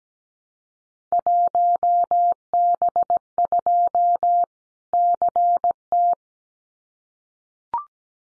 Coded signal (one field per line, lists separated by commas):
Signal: Morse code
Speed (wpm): 17 wpm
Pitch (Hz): 700 Hz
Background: none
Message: 1B2 CT